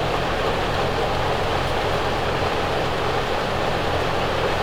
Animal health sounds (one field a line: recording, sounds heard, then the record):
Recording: poultry house recording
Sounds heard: no chicken sound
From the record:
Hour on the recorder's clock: 16